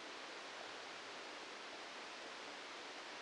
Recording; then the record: brain microelectrode recording played as sound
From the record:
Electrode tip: outside the subthalamic nucleus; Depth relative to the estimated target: 5 mm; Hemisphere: left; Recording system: NeuroSet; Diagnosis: Parkinson's disease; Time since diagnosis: 14 years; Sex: male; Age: 51 years